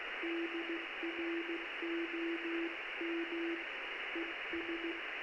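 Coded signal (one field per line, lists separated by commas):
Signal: Morse code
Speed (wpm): 16 wpm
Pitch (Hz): 340 Hz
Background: radio noise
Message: DROM ES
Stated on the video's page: Amateur CW Morse heard live through the Es'hail-2 satellite via a WebSDR in Cornwall.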